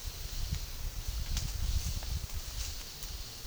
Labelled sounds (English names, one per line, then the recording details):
none
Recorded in dense forest near Puerto Asís, Putumayo, Colombia, on 21 February 2024 at 12:30
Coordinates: 0.503, -76.322
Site G6418